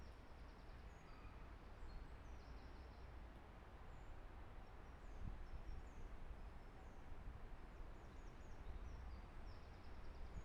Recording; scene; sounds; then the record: everyday scene through a hearing-aid microphone; wind on the microphone; gentle breeze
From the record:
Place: parking lot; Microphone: behind the ear, left, rear